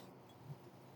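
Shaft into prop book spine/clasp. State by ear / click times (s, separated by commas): not seated / none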